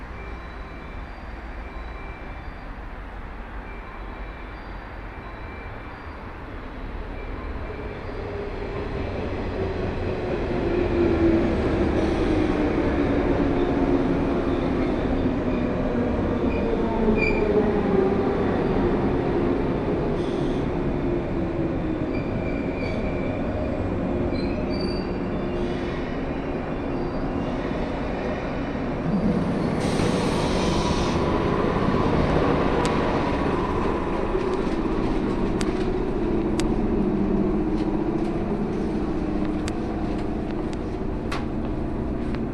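A train ride on the Kosei Line: the rumble of the moving carriage rises after about eight seconds as the train speeds up, with rolling tones shifting underneath. Around thirty seconds a brighter swelling whine and clatter builds, then settles into a steady running roar.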